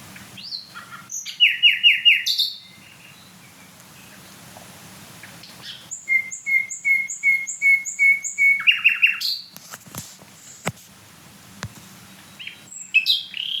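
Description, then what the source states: Common Nightingale song: varied phrases with quick buzzy note runs, a row of pure repeated whistles, scattered clicks and short silences between phrases. Night song with a gurgling ('Glucksen') element; bird described as smaller than a blackbird yet very loud, with no other bird singing.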